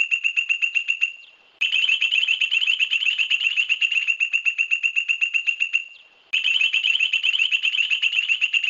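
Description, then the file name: Point-tailed palmcreeper song: quick ringing notes run together in bursts of roughly four seconds, each tapering off, with brief quiet breaks between bursts. "Canto do limpa folha do buriti"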